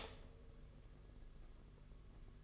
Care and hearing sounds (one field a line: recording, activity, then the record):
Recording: daily activity, microphone in the room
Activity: stop toaster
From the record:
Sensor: 4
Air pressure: 992.4 hPa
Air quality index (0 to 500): 144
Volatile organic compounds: 81 ppm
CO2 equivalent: 3617 ppm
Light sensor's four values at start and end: 18/63/23/24 and 18/63/23/24